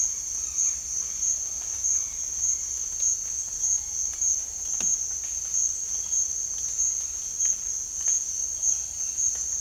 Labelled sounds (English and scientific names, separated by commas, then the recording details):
none
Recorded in dense forest near Puerto Asís, Putumayo, Colombia, on 26 December 2024 at 07:00
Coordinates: 0.484, -76.325
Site G056